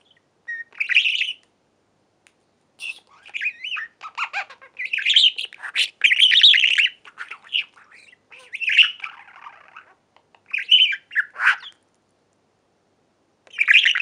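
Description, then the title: Budgerigar chatter, harsh squawky notes and scratchy warbles in uneven bursts separated by brief pauses. "Budgie Sounds"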